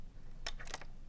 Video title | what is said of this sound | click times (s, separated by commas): Neil video | you can hear that click now | 0.5 s